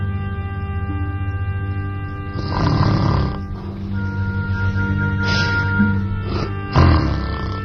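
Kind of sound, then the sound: human body sound, person snoring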